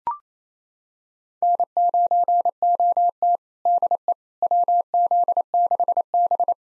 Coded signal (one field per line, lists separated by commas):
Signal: Morse code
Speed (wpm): 28 wpm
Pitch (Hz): 700 Hz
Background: none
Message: N9OT DE WZ6B